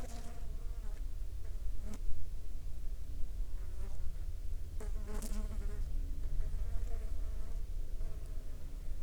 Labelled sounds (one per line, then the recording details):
aircraft
insects
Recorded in the Prudhoe Bay oil fields, Alaska, on 18 July 2019 at 15:36
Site 14